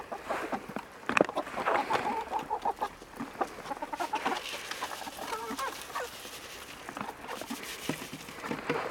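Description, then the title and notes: Chicken clucks, short clucks with a few drawn-out tonal notes. Chickens being lured in. "Luring chickens - Csirkék becsalogatása. Ebben a videóban becsalogatjuk a csirkéket és elkapom Bolyhoskát a csirkét"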